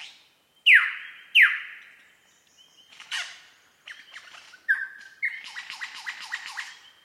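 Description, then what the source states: Superb lyrebird song: two powerful descending whistles, then scratchy notes, a steady whistled tone and a rapid churring rattle. Recorded at Mount Airly; date given as 30 May 2011.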